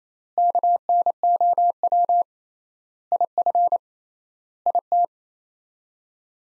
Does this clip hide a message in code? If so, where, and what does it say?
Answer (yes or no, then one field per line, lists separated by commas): yes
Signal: Morse code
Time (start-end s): 0.4-5.0 s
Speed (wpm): 27 wpm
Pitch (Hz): 700 Hz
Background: none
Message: KNOW IF IT